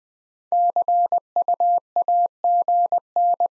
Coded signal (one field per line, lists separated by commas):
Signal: Morse code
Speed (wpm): 20 wpm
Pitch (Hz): 700 Hz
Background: none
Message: CUAGN